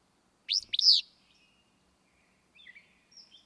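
Willow Flycatcher: one abrupt, buzzy two-syllable phrase at the start, followed by quiet, thin high notes from other birds.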